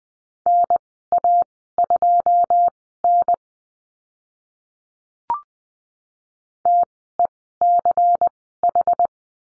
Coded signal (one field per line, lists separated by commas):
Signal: Morse code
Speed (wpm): 20 wpm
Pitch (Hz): 700 Hz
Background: none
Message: NA2N TECH